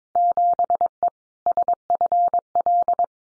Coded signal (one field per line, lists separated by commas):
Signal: Morse code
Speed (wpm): 22 wpm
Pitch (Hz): 700 Hz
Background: none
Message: 7E SFL